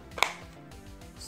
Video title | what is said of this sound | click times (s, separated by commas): Calculatrice Casio H1 | ça doit se clipser tac impeccable | 0.2 s